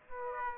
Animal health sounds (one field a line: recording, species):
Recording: mosquito wingbeat signal from an infrared sensor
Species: Aedes aegypti